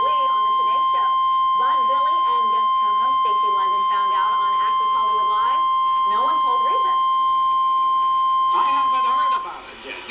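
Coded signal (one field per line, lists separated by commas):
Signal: Emergency Alert System (SAME) tones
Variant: 1050 Hz attention tone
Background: speech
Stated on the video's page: SAME tones carried by a television station broadcast.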